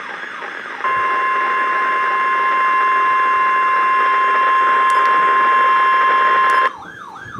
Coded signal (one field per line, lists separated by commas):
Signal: Emergency Alert System (SAME) tones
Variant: 1050 Hz attention tone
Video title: Severe Thunderstorm Warning (EAS #1470-1471)